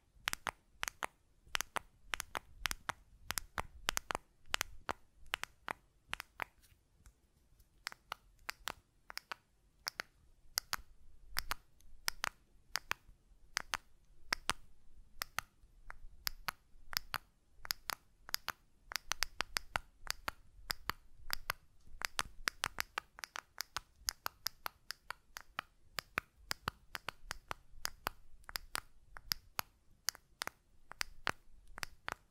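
Buttons click and tap in quick, sharp bursts, each a crisp snap that reaches high and bright. The clicks come densely and unevenly throughout, with a brief sparser lull around seven to nine seconds, over a low, soft rumble underneath.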